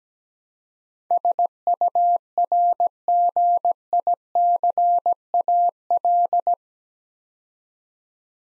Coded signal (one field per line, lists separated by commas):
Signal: Morse code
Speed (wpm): 17 wpm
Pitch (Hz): 700 Hz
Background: none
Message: SURGICAL